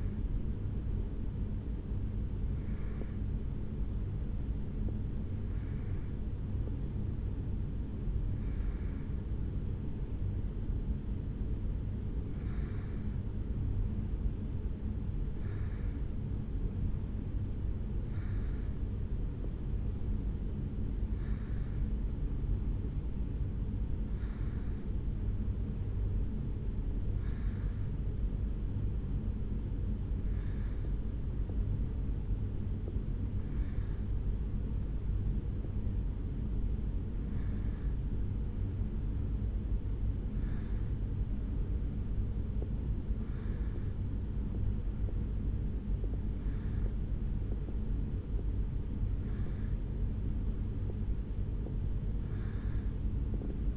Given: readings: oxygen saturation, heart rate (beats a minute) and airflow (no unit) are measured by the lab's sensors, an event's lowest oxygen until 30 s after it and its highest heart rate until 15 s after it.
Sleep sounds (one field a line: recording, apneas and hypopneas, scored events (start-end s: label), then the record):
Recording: a person awake in a sleep study, by a smartphone at the bedside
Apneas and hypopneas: none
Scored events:
0.00-53.77 s: awake
From the record:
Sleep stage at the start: awake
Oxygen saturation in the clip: 91 to 93%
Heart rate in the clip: 73 to 76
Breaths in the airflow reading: 18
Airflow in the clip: -3.7 to 5.2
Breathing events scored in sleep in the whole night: 449 in 7.0 hours asleep